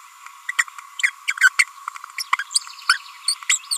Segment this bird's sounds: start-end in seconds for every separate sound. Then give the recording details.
0.48-0.52, 0.58-0.63, 1.03-1.10, 1.27-1.33, 1.41-1.49, 1.88-1.89, 2.19-2.23, 2.39-2.43, 2.55-2.59, 2.89-2.93, 3.28-3.34, 3.49-3.58, 3.71-3.77. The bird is a female. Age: 30 days. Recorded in a nest box in Venezuela. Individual 17B42A4